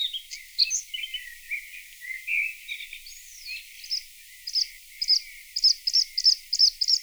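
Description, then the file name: Bluethroat song, varied twittering and buzzy notes at first, then sharp high double notes repeated rapidly toward the end. Played back. "Blaahals"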